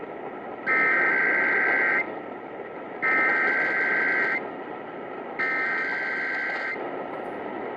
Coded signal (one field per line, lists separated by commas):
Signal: Emergency Alert System (SAME) tones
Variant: header bursts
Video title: KSL RWT (EAS 117)